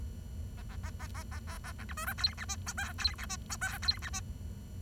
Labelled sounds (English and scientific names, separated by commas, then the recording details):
Bengalese Finch (Lonchura striata domestica) song
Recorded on 23 June 2012 at 10:30
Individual gr41rd51